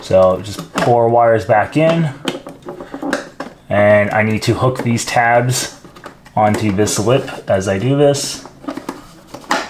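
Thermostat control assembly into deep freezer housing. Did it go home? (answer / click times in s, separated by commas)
yes / 9.5 s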